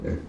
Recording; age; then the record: pig call; growing-finishing pig (85 days or more)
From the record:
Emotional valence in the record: positive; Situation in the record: run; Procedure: transit